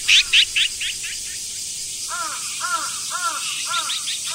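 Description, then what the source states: Azure-winged magpie calls: a loud run of harsh rasping notes fading away, followed by softer arched whistled notes repeated about every half second over steady high hiss. Yoyogi Park, Tokyo.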